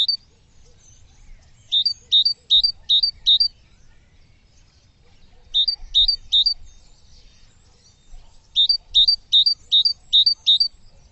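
Bird singing high, sweet chirped phrases of five or six rapid notes, each burst separated by short pauses, faint low rumble beneath.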